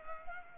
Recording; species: mosquito wingbeat signal from an infrared sensor; Culex pipiens